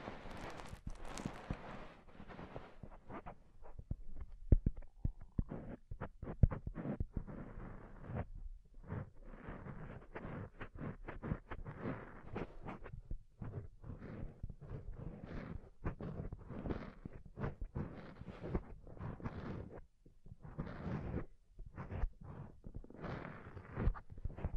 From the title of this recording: ASMR Deep Ear Tingles Soft & Fluffy Triggers